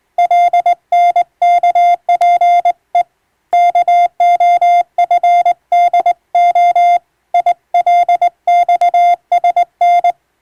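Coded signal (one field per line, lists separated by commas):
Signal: Morse code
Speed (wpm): 21 wpm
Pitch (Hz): 700 Hz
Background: music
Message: LNKPE KOFDO ILXSN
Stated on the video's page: Morse receiving practice of maritime-style telegram traffic between ship and coast stations, sent by a first-class radiotelegraph operator.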